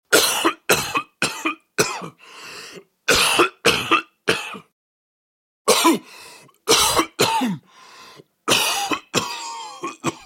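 Sharp, harsh adult cough bursts, about a dozen, come in three clusters of three to five with quiet pauses between. Each burst is short and explosive with a raspy, breathy tail. It is an acted stock sound effect of coughing.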